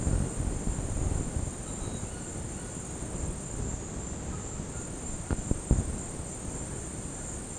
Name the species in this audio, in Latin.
none